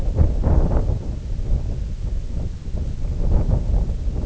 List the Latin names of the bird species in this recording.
none